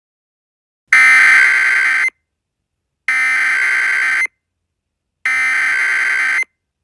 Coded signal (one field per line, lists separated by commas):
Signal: Emergency Alert System (SAME) tones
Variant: header bursts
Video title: (G) EAS Mock: UHH WHY IS DONNA HERE? (6/29/12)